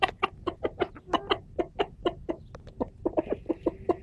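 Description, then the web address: Chicken: rooster giving rapid, repeated clucks, short and sharp with bright harmonics. Rooster calling the hens. "como el gallo convoca a las gallinas"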